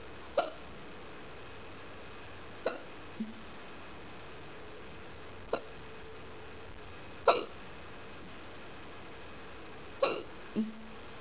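An adult hiccuping: about six sharp, abrupt hiccups at irregular intervals over twelve seconds, some followed by a faint after-sound.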